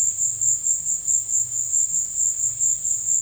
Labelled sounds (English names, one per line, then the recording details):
none
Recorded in secondary vegetation near Puerto Asís, Putumayo, Colombia, on 28 February 2025 at 15:00
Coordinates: 0.498, -76.327
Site G001